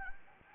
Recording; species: mosquito wingbeat signal from an infrared sensor; Anopheles gambiae